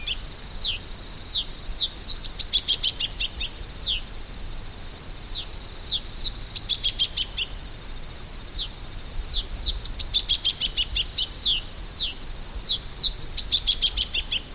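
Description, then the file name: Masked yellowthroat: rapid descending series of bright, clipped notes, repeated in phrases every few seconds over a faint hiss. "Geothlypisaequinoctialis"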